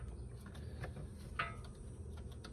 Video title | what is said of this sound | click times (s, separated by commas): Honda Pilot Alternator Replacement and Diagnosis | electrical connector, and it made a click sound, | 1.4 s